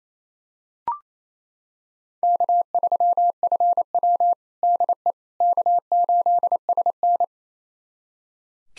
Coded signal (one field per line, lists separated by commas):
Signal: Morse code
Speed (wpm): 27 wpm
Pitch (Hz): 700 Hz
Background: none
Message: K3FW DE K8SN